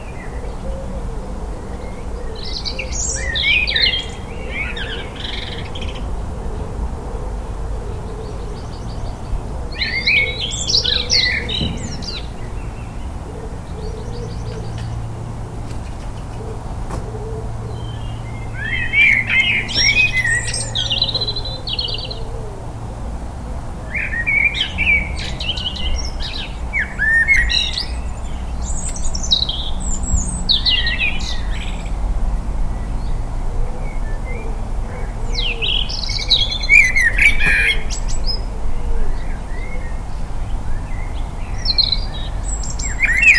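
Birdsong in a Liverpool garden, with short bright chirping phrases arriving every few seconds and overlapping toward the end. A steady low rumble runs underneath throughout, with a fainter hum and a soft lower-pitched call pattern in the background.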